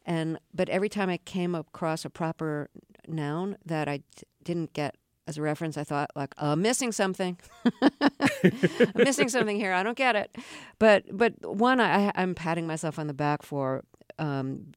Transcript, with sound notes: but every time I came across a proper noun that I didn't get as a reference, I thought, like, uh, missing something.
(LAUGHTER)
I'm missing something here; I don't get it. But one I'm patting myself on the back for